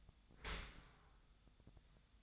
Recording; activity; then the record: daily activity, microphone in the room; open dishwasher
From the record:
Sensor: 3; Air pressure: 1004.6 hPa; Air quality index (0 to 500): 105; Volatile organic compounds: 4 ppm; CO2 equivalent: 1648 ppm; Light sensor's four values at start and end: 7/17/7/6 and 7/17/7/6